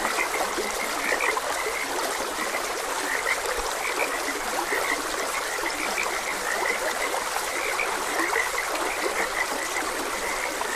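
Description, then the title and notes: Frog chorus of dense overlapping croaks throughout, mixed with the unbroken sound of flowing water. Frogs croaking beside a gentle stream. "Frogs Croaking. Sleep and Relaxation Podcast"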